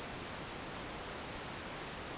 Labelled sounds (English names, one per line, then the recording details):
none
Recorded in dense forest near Puerto Asís, Putumayo, Colombia, on 29 June 2025 at 15:00
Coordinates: 0.484, -76.317
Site G045